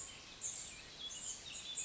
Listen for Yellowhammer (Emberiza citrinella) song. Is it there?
no